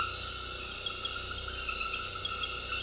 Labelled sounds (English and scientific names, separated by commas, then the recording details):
none
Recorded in dense forest near Puerto Asís, Putumayo, Colombia, on 19 February 2024 at 22:30
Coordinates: 0.485, -76.318
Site G6408